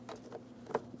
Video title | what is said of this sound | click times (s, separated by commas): How to Replace Mirrors 2003-2008 Toyota Matrix | We're lining this up. Press it in. After an audible click, we'll just make sure that's secured in place. | 0.8 s